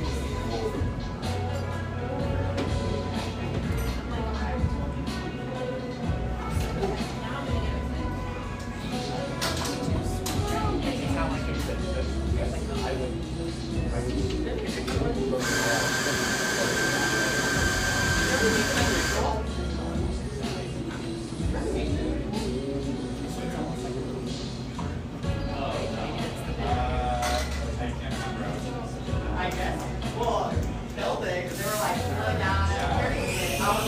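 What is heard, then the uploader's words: Café ambience with a steady murmur of overlapping voices and low thumping tones of music running underneath throughout. Around the fifteen to nineteen second mark a loud, bright hissing burst, like a steam wand, covers the chatter before fading back. Tucked near the lush, wooded Laurelhurst Park in east Portland, this café sports vibrant music and an erudite, professional clientele.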